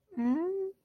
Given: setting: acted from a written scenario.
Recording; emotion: vocal sound without words; sadness